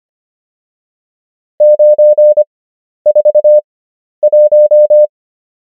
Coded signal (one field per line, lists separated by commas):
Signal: Morse code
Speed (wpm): 25 wpm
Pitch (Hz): 600 Hz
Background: none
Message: 941